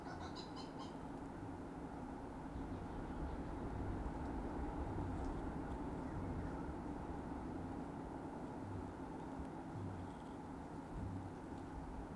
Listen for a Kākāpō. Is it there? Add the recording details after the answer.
yes. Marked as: faintness 5/5. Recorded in New Zealand. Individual Sirocco